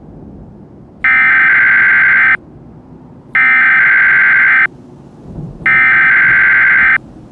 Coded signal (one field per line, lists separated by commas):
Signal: Emergency Alert System (SAME) tones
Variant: header bursts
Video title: EAS Scenario: Absolutely Radioactive Part 9 THE GRAND FINALE